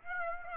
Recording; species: mosquito wingbeat signal from an infrared sensor; Aedes aegypti